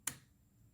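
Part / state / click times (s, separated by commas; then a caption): fuel line quick-connector locking slider on the motorcycle fuel rail / released / 0.1 s. The plastic locking slider on the fuel line quick connector, where it joins the fuel rail feeding the injectors on a Triumph Scrambler 1200 XE motorcycle, is pushed forward by hand to unlock it. A single sharp snap sounds at 0.1 s, followed by a brief fade into near quiet. The lock has slid open and the connector is released.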